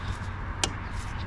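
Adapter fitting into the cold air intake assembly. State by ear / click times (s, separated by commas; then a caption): seated / 0.6 s. An adapter is pressed into the cold air intake assembly during a cold air intake install on a 2003-2007 Infiniti G35. Against a low steady hum, one sharp click is heard at 0.6 s, and the adapter pops into place, fully seated.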